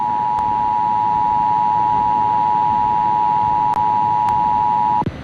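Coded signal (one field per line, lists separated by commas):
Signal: Emergency Alert System (SAME) tones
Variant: 853 and 960 Hz attention tone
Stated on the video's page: Kentucky EAS Required Monthly Test aired on a CBS TV affiliate.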